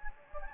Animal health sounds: mosquito wingbeat signal from an infrared sensor; Anopheles gambiae

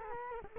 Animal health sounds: mosquito wingbeat signal from an infrared sensor; Culex quinquefasciatus

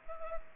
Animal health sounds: mosquito wingbeat signal from an infrared sensor; Culex pipiens

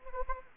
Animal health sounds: mosquito wingbeat signal from an infrared sensor; Anopheles arabiensis

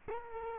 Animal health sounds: mosquito wingbeat signal from an infrared sensor; Culex quinquefasciatus

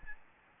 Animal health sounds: mosquito wingbeat signal from an infrared sensor; Aedes albopictus

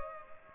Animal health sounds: mosquito wingbeat signal from an infrared sensor; Culex pipiens

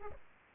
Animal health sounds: mosquito wingbeat signal from an infrared sensor; Aedes aegypti

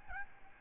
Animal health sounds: mosquito wingbeat signal from an infrared sensor; Aedes albopictus

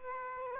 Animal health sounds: mosquito wingbeat signal from an infrared sensor; Aedes aegypti

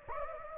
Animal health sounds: mosquito wingbeat signal from an infrared sensor; Anopheles gambiae

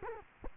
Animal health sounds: mosquito wingbeat signal from an infrared sensor; Culex quinquefasciatus

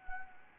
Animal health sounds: mosquito wingbeat signal from an infrared sensor; Anopheles arabiensis

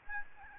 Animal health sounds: mosquito wingbeat signal from an infrared sensor; Aedes albopictus

